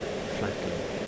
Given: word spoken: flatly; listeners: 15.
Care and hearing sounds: one English word in noise, from a listening test; speech-shaped noise; -4.5 dB; 1 of 15; 6 of 15; 0.67 s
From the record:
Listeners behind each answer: 6, 2, 1, 1, 1, 1, 1, 1, 1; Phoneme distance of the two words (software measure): 17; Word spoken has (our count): 2 syllables, 6 phonemes, stress on syllable 1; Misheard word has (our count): 2 syllables, 5 phonemes, stress on syllable 1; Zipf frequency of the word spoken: 2.56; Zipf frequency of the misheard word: 3.24

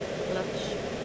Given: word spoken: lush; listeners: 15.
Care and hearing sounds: one English word in noise, from a listening test; speech-shaped noise; -4.8 dB; 2 of 15; 6 of 15; 0.64 s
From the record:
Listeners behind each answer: 6, 4, 2, 2, 1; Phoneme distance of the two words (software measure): 17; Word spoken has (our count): 1 syllable, 3 phonemes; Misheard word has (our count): 1 syllable, 4 phonemes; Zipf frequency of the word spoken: 3.67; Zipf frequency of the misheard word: 4.72

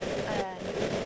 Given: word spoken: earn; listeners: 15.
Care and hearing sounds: one English word in noise, from a listening test; noise modulated by three-talker babble; -5.7 dB; 2 of 15; 7 of 15; 0.65 s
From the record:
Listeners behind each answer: 7, 4, 2, 2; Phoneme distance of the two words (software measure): 10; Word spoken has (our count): 1 syllable, 2 phonemes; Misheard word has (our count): 1 syllable, 2 phonemes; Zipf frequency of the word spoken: 4.36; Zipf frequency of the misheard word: 5.00

